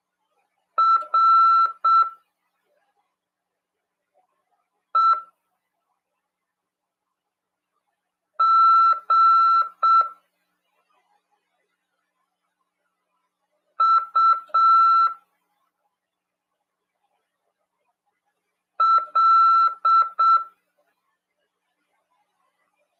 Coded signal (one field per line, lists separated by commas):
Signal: Morse code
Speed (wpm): 7 wpm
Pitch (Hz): 1340 Hz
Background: none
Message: REGUL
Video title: RADIOAMADOR 1ªEd. 10/3/2023 "AULA 25 CW, LEGIS e C.RODADA" PY2EXU PAULO SP/SP CRASP FM 146.410 Mhz.